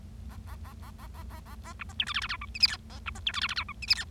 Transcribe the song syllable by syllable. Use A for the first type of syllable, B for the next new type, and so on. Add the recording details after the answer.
A A A A A A A A A B C D E F F G H I J K A B C D E F F G H I J K. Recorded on 25 March 2012 at 13:22. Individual gy6or6